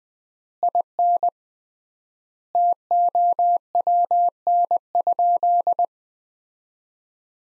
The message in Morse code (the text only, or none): IN TOWN?